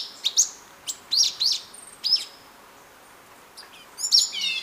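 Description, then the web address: Orange-bellied euphonia singing high thin whistles and sharp chips, then a burst of buzzy rattling notes near the end. Ecuador. "Natures Songs S America Birds of Ecuador Orange-bellied Euphonia"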